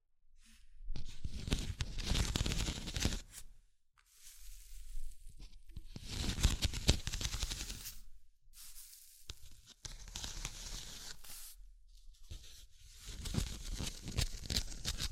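Tapping, scratching and tracing sounds come in dense, rough bursts of a second or two, with brief silent gaps between them. The scratchy texture reaches from low rumbles up to bright hiss, and sharp taps stand out within each burst.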